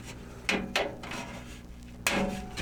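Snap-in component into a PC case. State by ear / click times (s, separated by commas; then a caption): seated / 0.5 s, 0.8 s, 2.1 s. A tool-less part is lined up and pressed into a Cooler Master MasterBox Q300L PC case, where it is held only by friction and small clips with no screws. Sharp snaps ring out at 0.5 s, 0.8 s and 2.1 s over faint rubbing, and the part is fully seated.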